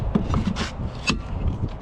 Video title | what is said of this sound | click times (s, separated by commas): Pit stop at Buc-ee's during my 1,700 mile roadtrip home! - Part 2 | Got a nice click. | 0.3 s